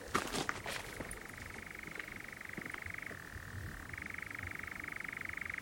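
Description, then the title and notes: Nightjar churr, a steady purring trill that dips lower then climbs again, with a few sharp clicks at the start. Nocturnal bird churring on a warm June summer evening, on a hill in the Brecon Beacons, amid honeysuckle and foxgloves. "Sound Escape 20: the mesmerising churring of a nightjar on a summer's night. it's a warm June evening on a hill in the Brecon Beacons and the strange churring of a nocturnal bird called the nightjar"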